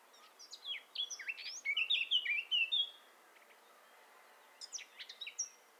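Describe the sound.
Eurasian blackcap delivering a hurried warble ending in loud, clear flutelike notes, followed by a shorter scratchy burst of song.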